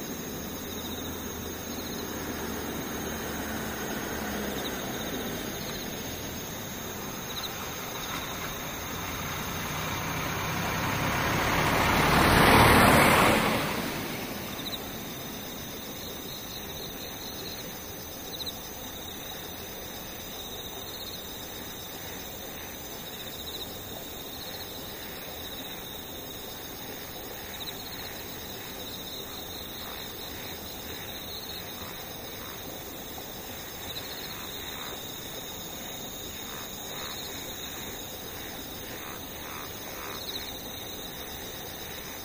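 Insects chirr in a steady high buzz throughout, while a vehicle swells past around twelve seconds, then the low hum fades away.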